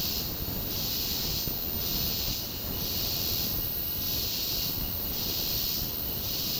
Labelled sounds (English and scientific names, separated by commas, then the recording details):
none
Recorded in dense forest near Puerto Asís, Putumayo, Colombia, on 18 February 2024 at 10:00
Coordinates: 0.503, -76.322
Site G6418